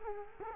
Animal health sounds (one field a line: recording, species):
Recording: mosquito wingbeat signal from an infrared sensor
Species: Culex quinquefasciatus